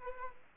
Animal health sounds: mosquito wingbeat signal from an infrared sensor; Anopheles arabiensis

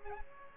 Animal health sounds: mosquito wingbeat signal from an infrared sensor; Aedes aegypti

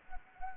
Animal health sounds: mosquito wingbeat signal from an infrared sensor; Anopheles arabiensis

